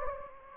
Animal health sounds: mosquito wingbeat signal from an infrared sensor; Anopheles gambiae

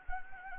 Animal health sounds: mosquito wingbeat signal from an infrared sensor; Anopheles arabiensis

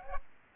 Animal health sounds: mosquito wingbeat signal from an infrared sensor; Aedes albopictus

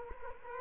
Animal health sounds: mosquito wingbeat signal from an infrared sensor; Culex quinquefasciatus

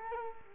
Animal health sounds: mosquito wingbeat signal from an infrared sensor; Culex quinquefasciatus

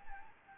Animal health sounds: mosquito wingbeat signal from an infrared sensor; Anopheles arabiensis

